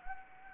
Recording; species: mosquito wingbeat signal from an infrared sensor; Anopheles gambiae